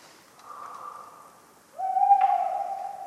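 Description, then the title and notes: Tawny owl hoots: a soft, level hooting note, a brief pause, then a louder sustained hoot with a slight waver. Tawny owl calling persistently on a cold autumn night, 11 November 1995, Ménigoute, France; acorns falling regularly. "Festival du film ornithologique de Ménigoute. Chouette hulotte bien loquace"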